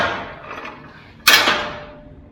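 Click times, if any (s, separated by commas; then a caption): 1.3 s. A bull float is set into a truck-mounted tool rack, and the bottom-heavy metal gravity latches swing down under their own weight to lock over it. After a fading rattle, a sharp metallic clack lands at 1.3 s, followed by a brief ringing tone that decays. The latch has locked and the bull float is secured in the rack.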